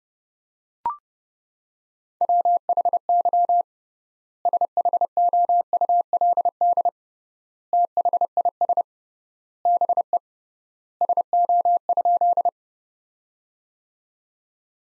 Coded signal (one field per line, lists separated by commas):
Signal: Morse code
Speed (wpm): 32 wpm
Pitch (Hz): 700 Hz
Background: none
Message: WHY SHOULD THIS BE SO?